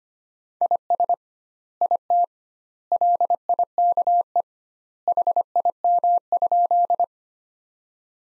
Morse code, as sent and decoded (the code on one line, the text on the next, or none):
.. ... / .. - / .-.. .. -.- . / .... .. -- ..--..
IS IT LIKE HIM?